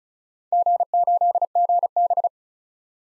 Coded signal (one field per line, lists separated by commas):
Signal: Morse code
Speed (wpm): 36 wpm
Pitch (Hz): 700 Hz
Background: none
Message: G8GB